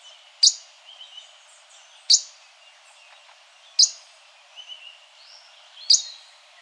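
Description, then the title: Yellow-lored tody-flycatcher calling with single sharp, high tick notes spaced roughly every one and a half to two seconds, with soft chirps of other birds between. "LuckyPassaro Completos2Sama. Yellow-lored Tody-Flycatcher (Todirostrum poliocephalum)"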